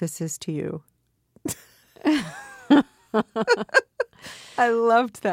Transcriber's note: soundbite of laughter